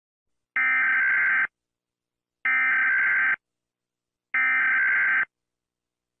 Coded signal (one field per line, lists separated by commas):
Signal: Emergency Alert System (SAME) tones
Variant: header bursts